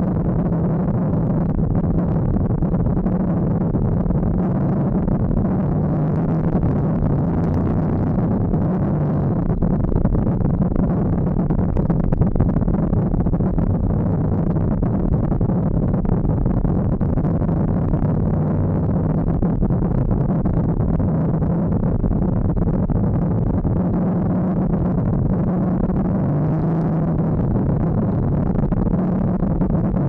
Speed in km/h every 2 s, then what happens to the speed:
47, 45, 54, 59, 59, 54, 48, 45, 50, 45, 44, 46, 53, 58, 64.
2-8 speeds up to 59. 8-13 slows to 45. 13-20 steady at about 45. 20-30 speeds up to 64.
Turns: none.